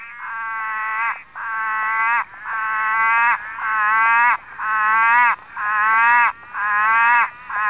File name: litoria chloris